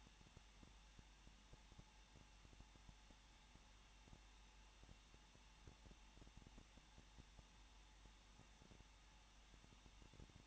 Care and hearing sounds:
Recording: daily activity, microphone in the room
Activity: no activity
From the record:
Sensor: 1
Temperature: 20.1 degrees Celsius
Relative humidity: 39.4%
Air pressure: 1006.4 hPa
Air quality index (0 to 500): 219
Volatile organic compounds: 81 ppm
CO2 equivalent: 3611 ppm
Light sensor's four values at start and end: 1/2/1/1 and 1/2/1/1

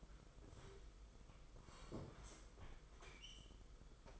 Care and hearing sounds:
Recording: daily activity, microphone in the room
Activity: sit down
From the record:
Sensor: 5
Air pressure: 990.8 hPa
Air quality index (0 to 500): 150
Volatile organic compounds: 160 ppm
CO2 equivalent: 4066 ppm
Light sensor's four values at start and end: 39/123/47/50 and 40/123/47/50

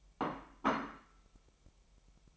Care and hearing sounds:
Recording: daily activity, microphone in the room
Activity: place plate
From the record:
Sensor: 1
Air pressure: 1002.0 hPa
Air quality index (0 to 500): 243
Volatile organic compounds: 48 ppm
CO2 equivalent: 3272 ppm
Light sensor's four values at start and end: 8/28/10/11 and 8/28/10/11

